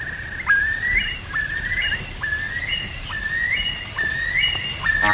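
Curlew calls: clear whistled notes that slide upward, repeated about every second, over a soft background hiss.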